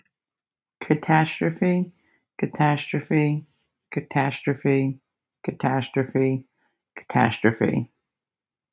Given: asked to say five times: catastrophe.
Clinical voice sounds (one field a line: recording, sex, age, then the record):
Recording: repeated word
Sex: female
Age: 30 to 39 years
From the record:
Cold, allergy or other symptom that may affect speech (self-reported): no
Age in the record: 34 years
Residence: United States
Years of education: 19